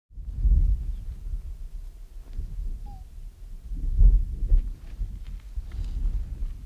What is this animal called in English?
Arctic Fox